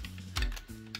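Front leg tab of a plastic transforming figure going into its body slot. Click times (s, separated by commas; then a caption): 1.0 s. The front dinosaur legs of a plastic transforming action figure are brought down so their tab goes into the body slot. Small plastic clicks and handling knocks are heard, with a loud burst around 0.4 s and a low tonal hum underneath. The tab pops into place with a sharp click at 0.9 s, and the legs are seated.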